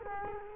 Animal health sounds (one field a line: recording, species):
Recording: mosquito wingbeat signal from an infrared sensor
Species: Culex quinquefasciatus